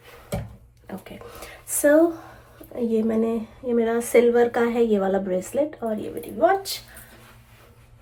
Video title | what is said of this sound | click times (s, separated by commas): USA 🇺🇸 me Diwali ki Ronak - Weekly Grocery shopping | एक minute, ये lock नहीं हुआ है, ये हुआ लॉक। | 0.3 s